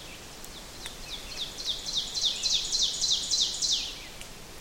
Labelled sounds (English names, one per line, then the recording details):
Ovenbird song
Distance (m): 25 m
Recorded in boreal forest in Alberta, Canada, on 6 June 2016 at 07:57
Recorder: SongMeter 3, array SBT-3-51
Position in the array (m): 227 m, 155 m
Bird 28